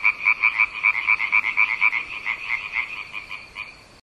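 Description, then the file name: Frog croaks in a quick run of repeated notes, fading toward the end before stopping. "zaby"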